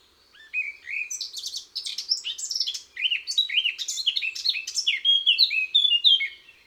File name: Fauvette a tete noire